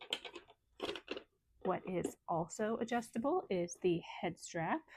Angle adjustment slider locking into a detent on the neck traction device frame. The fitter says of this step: and it slides up or down and clicks into place.